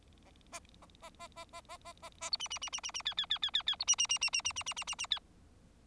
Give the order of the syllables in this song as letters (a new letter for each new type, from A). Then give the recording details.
A A A A A A A A A A A B C C C C C C D D D D D D B C C C C C C C C C C C D. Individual Bird4